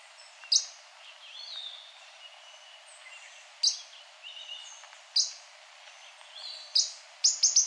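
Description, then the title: Yellow-lored tody-flycatcher giving sharp, high, clicking chips spaced one and a half to three seconds apart, ending in a quick burst of several notes; softer whistles from other birds in the background. "LuckyPassaro Completos2Sama. Yellow-lored Tody-Flycatcher (Todirostrum poliocephalum)"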